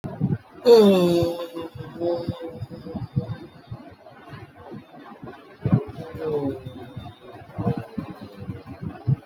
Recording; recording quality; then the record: sustained vowel as in boot; poor, much background noise or distortion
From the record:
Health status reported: healthy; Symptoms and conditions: none ticked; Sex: male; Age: 20 years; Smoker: not ticked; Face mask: not worn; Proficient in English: yes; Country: India